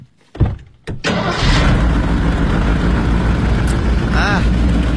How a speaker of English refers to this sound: Yeah, it is very rare in a car so new. It comes sometimes with the Marmon, however. What is it? Yeah, good, good. Well, it's a crankshaft is sprung. How could you tell by listening? Same way you do for pistons, you know.